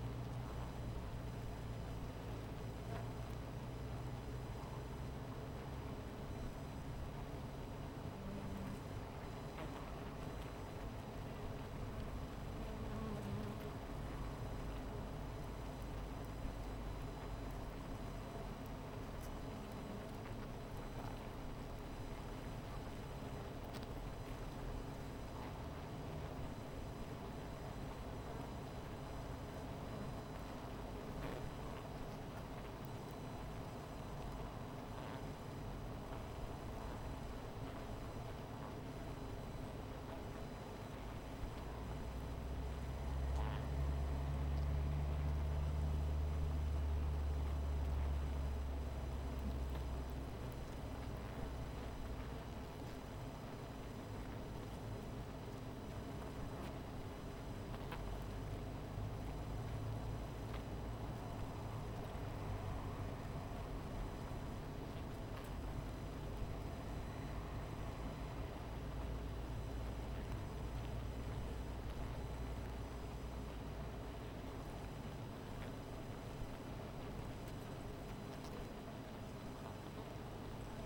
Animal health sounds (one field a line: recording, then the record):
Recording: honeybee colony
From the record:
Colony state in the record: missing queen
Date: 14 July 2017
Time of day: 17:21